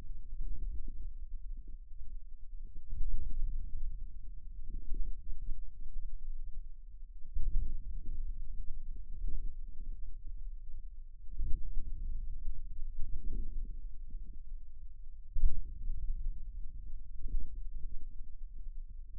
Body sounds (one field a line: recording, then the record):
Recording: forearm muscle sounds (acoustic myography)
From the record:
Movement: outward rotation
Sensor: system 2, bracelet of six BSWA MPA416 microphones around the upper forearm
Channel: 1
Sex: male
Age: 22 years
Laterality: right